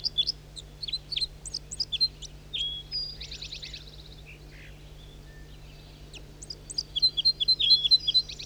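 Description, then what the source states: Red crossbill calls: bursts of sharp high kip notes, a brief buzzy trill midway, then a faster run of clipped notes near the end over a low hum. Red crossbill, possibly the same one recorded 2 minutes earlier; another male flies in to join the one that is singing.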